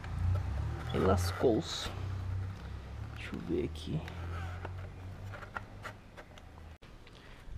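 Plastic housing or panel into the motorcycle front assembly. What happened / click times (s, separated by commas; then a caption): The plastic part snapped into place / 5.6 s. While LED turn signals are installed on a 2008 CG 125 Fan motorcycle, a plastic housing or panel is worked back into place with its wiring harness in the front assembly. Someone talks over a low steady hum and light handling noises. A sharp click at 5.6 s marks the part seating into place.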